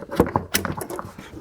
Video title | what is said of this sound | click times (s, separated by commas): BMW 330i Valve Cover Replacement DIY (2019-Present BMW G20 330i, G22 430i, G42 230i) | hear that click that's exactly what we want | 0.6 s